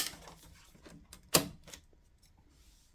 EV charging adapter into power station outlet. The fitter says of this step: now it's locked into place now you just have to connect your EV charging cable level one or level two